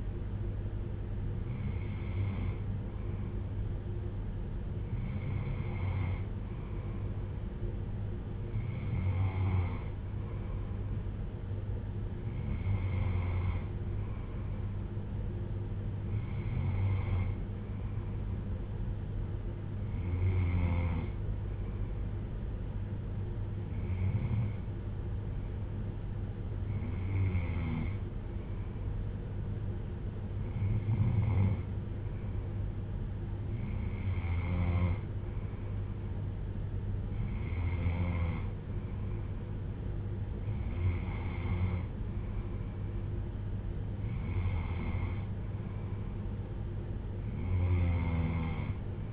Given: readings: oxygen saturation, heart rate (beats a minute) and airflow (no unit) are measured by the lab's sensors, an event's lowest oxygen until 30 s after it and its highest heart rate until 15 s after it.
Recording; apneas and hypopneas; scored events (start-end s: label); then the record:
breathing in sleep by a smartphone at the bedside; none
3.00-49.13 s: new sleep stage, N3 (deep sleep)
From the record:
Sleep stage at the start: N2 (light sleep); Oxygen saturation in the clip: 94 to 95%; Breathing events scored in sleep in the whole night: 310 in 8.1 hours asleep